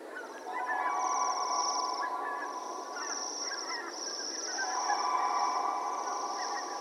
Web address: sound Bohemian-waxwing. صدای-پرنده-بال-لاکی-بوهمی